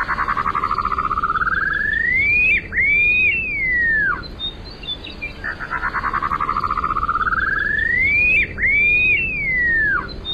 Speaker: Now, this may or may not be the intention in the song of the upland sandpiper, but part of its song sure does sound like a wolf whistle.